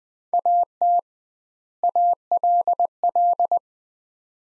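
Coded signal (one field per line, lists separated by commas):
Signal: Morse code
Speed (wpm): 20 wpm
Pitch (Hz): 700 Hz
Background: none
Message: AT ALL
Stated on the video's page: Morse practice at 20 wpm: two-word sets with 2x word-spacing, a Farnsworth-like head-copy drill.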